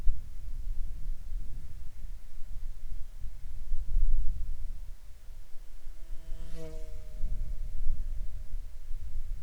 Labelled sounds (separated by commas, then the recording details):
insects
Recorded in Ivvavik National Park, Yukon, on 3 July 2019 at 00:41
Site SINP03